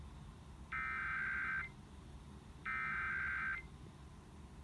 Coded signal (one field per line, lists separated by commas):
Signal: Emergency Alert System (SAME) tones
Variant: header bursts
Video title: EAS Required Monthly Test PA FM Radio 1/21/21 #18